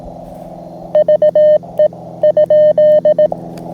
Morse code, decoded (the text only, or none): VE?